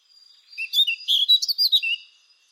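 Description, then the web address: Eurasian blackcap giving a single brisk, high warbled phrase of about one and a half seconds, mixing chattery notes with brighter whistled ones. "cianscape birddata Deverinetal 2025"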